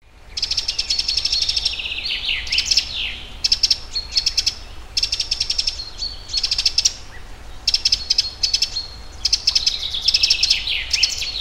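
Eurasian wren song: loud, fast trilling bursts and high rattling phrases repeated several times over a steady low rumble.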